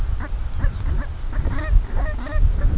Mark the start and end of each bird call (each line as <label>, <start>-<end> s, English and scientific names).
Lapland Longspur (Calcarius lapponicus), 0.04-1.45 s
Brent Goose (Branta bernicla), 0.15-2.75 s